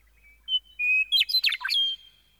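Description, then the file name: Meadowlark singing a short phrase that opens with clear whistles and breaks into a rapid jumble of fluty, warbled notes, finishing on a drawn-out whistle. "Gordon Hemption - Meadowlark"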